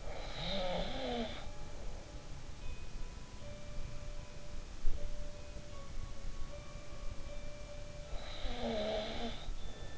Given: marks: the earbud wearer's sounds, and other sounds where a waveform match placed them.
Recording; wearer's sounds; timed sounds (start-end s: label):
sounds in sleep by an in-ear microphone; snoring breath
0.00-1.56 s: snoring breath
8.15-9.48 s: snoring breath